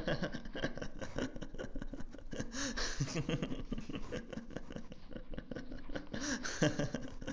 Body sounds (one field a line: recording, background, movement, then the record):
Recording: laughter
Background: quiet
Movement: walking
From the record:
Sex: male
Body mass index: 22.0 kg/m2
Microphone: on the chest, facing the body